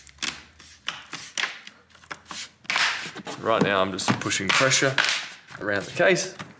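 Hands press around the plastic bottom cover of a 2017 Acer Helios 300 laptop to snap its clips into the chassis, with sharp taps and knocks of handling in the first three seconds while someone talks. Nothing has seated or clicked into place yet by the end of the clip.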